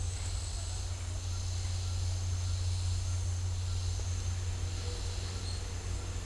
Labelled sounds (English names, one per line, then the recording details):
none
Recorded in dense forest near Puerto Asís, Putumayo, Colombia, on 15 December 2024 at 10:30
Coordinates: 0.503, -76.323
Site G043